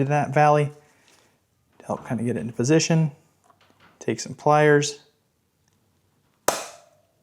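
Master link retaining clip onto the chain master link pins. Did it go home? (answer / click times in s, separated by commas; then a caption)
yes / 6.5 s. Someone talks, then the spring clip of a dirt bike chain master link is pushed onto the grooves of the master link pins with pliers. A sharp, loud snap at 6.5 seconds marks the clip seating perfectly in place with no gap.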